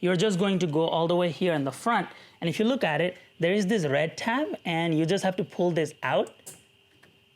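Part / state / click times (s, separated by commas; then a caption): red secondary lock tab on a car's low-voltage disconnect connector / released / 6.5 s. Someone talks as the red secondary lock tab on the front low-voltage disconnect connector of a newer Tesla Model 3/Y is pulled out to unlock it before the connector is unplugged. A sharp click is heard at 6.5 s, followed by a fainter tick at 7.0 s. The tab clicks open and the connector is released.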